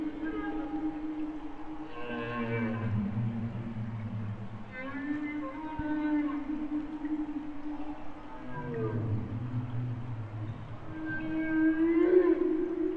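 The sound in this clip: Humpback whale song units: long low moans and deep groans with brief harmonic bursts between them, continuing throughout over underwater background noise.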